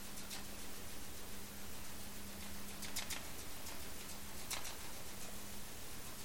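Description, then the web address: Sperm whale clicks, sparse ticks with a few louder sharp clicks, over a low steady hum. Recorded by ONC hydrophone NAXYS HYD 052 in the Strait of Georgia, 27 March 2018, around 19:17 UTC. "data raw sperm Whale Clicks sog-onc 20180327"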